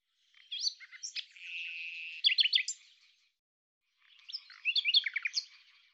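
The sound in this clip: Common nightingale singing a phrase with a sustained buzzy note and quick chips, then a second twittering phrase after a pause.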